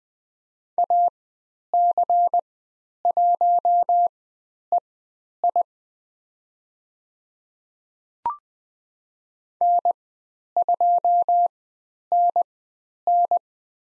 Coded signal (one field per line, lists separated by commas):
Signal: Morse code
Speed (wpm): 20 wpm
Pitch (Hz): 700 Hz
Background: none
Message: AC1EI N2NN